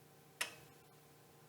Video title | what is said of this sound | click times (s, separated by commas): ME 354 Lab 3 Torsion | and rotate it until i hear a click | 0.4 s